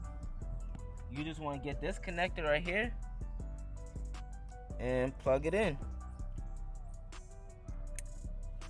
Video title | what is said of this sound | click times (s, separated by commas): BEST PLUG & PLAY LED HEADLIGHT UPGRADE 🤯 *THESES ARE BETTER THAN FACTORY*!!! #howto #led #new #mod | Once you hear that snap, you know you're good to go. | 8.0 s